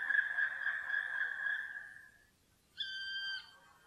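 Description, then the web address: Black woodpecker calls: a long, plaintive whistled note of about two seconds that fades away, followed by a shorter ringing note after a brief pause. "fuglelyder svartspett"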